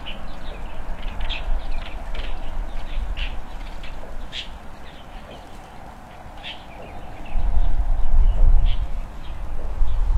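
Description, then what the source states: Birds give short, scattered chirps and squeaky notes at irregular intervals over a steady low rumble that grows louder near the end. Birds playfully active in the branches in front of a rural country house, early morning, heard from an opened window; scene described as harmonious and quiet.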